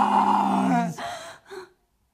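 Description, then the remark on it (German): A man growls out a long, rough roar in imitation of a lion, sliding down in pitch before breaking into two shorter, breathy bursts that trail off into silence. “Wie so ein vielköpfiger chinesischer Drachen. Wie ein Löwe.”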